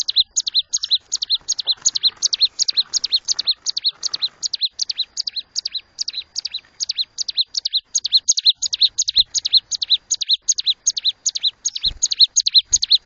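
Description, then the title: Bird song: quick, high chirps falling in pitch, repeated rapidly through the whole passage, with faint low thumps near the end. Training songs for cage birds. "Masteran Burung"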